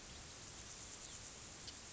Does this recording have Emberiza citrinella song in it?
no